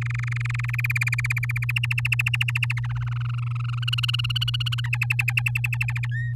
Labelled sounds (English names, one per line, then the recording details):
Domestic Canary song
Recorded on 11 May 2018 at 06:03
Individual llb16